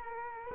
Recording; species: mosquito wingbeat signal from an infrared sensor; Culex quinquefasciatus